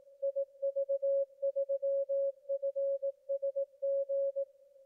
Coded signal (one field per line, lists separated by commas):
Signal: Morse code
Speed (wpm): 18 wpm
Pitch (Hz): 550 Hz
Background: none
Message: IV3FSG